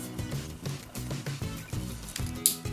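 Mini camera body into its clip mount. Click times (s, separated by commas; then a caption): 2.2 s, 2.5 s. The small plastic body of a Conbrov 720P portable, sound-activated hidden camera with night vision is pressed into its clip mount over background music. It pops into place with sharp snaps at 2.2 s and 2.5 s, and the camera is seated in the mount.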